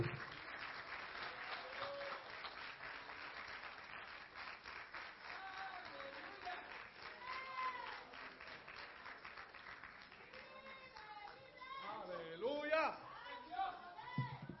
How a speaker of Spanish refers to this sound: Den un aplauso fuerte al Señor.